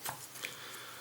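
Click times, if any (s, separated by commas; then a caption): none. A plastic fist is slid into its arm socket on an SS-97 Airazor action figure, and a short faint tap sounds at about 0.5 seconds over low background noise. Nothing has seated or clicked yet; the fist fails to click into place and comes back out.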